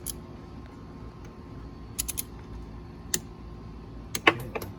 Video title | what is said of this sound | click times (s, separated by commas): Yamaha Overheating Fix | Click there. | 4.3 s